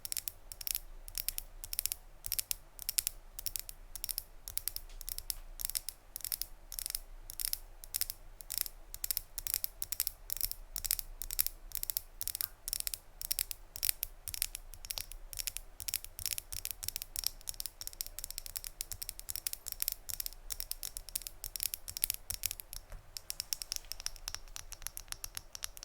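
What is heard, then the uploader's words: Quick, dry tapping runs through the whole recording in a steady, fairly regular patter of many sharp, bright clicks. The taps have a hard, clicky, almost ratcheting texture, with a low constant hum underneath and a denser burst near the end. ASMR Tapping (No Talking).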